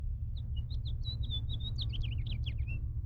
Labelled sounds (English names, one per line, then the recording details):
House Finch song
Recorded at Lawrence on Long Island, New York, on 4 June 1975
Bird F